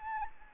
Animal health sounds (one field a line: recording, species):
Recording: mosquito wingbeat signal from an infrared sensor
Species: Anopheles gambiae